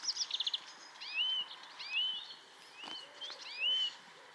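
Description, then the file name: European greenfinch calls: a fast stuttering trill, then a series of rising whistles, over low steady hiss. "Chloris chloris"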